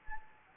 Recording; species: mosquito wingbeat signal from an infrared sensor; Anopheles gambiae